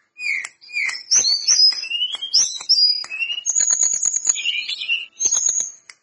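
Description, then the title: Lesser Shortwing song: a long, varied outpouring of high whistles, slurred notes and quick chattering phrases, almost continuous, ending with a sustained thin whistle. Bird singing actively; the source calls the singing gacor. "Burung Tledekan Gacor Dor"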